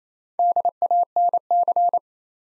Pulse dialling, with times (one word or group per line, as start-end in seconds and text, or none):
none